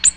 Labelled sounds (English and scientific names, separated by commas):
Ovenbird (Seiurus aurocapilla) flight call